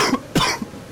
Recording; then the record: coughing mixed with background sound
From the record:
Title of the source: Coughing 46